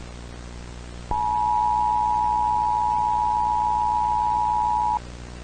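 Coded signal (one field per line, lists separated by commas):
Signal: Emergency Alert System (SAME) tones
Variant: 853 and 960 Hz attention tone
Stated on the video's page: Fictional EAS scenario warning broadcast made as a school project film.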